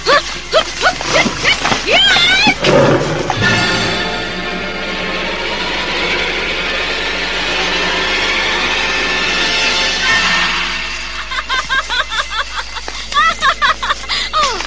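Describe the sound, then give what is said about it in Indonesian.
A tiger roars in a long, loud, rough snarl for several seconds while fighting a warrior, with people's voices heard before and after the roar. “Tubuhnya seperti burung menari-nari mempermainkan harimau itu. Terpaksa aku melumpuhkanmu, harimau jahat.”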